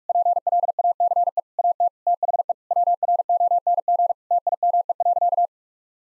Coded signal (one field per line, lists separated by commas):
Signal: Morse code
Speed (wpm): 46 wpm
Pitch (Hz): 700 Hz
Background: none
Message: PLACE AT THE WRONG TIME.